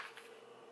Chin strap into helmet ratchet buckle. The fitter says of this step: the strap and you see that it's going to lock into place